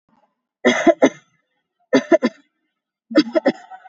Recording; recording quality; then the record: heavy voluntary cough; excellent, no background noise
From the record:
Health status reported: COVID-19 positive, mild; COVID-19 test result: positive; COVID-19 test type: RT-PCR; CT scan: taken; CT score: 0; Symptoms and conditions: fatigue, another condition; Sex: female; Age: 35 years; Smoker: no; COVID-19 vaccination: one dose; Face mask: worn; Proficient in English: yes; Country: India